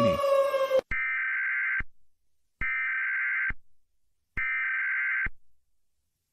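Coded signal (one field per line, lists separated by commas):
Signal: Emergency Alert System (SAME) tones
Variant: header bursts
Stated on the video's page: Fake tornado alert within a fictional story.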